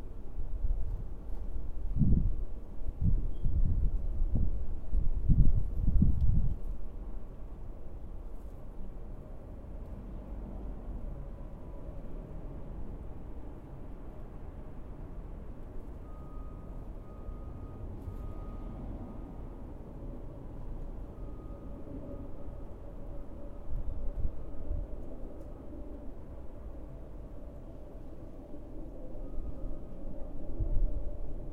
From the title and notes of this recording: Backyard in February. A stereo recording of our backyard. The recording was made near one deciduous tree, and three evergreen trees. Several birds, the neighbor’s dog, the ever-present sounds of trains, planes and/or automobiles, beeping (why is there so much beeping), a light wind.